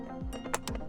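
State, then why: Seated. A plastic floor mat retaining clip is pressed down into its base in the cut floor carpet of a Tacoma pickup truck. It snaps home with two sharp clicks at 0.5 and 0.7 seconds, followed by a fainter tick, and the clip is seated.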